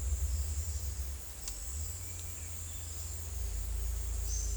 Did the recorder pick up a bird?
no